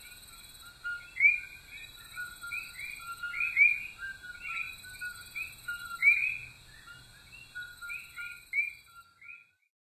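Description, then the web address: Puerto Rican coqui chorus, many overlapping two-note calls, a low note then a higher chirp, swelling and fading irregularly with a steady high hum above. "Songs of Frogs Toads of North America. Puerto Rican Coqui"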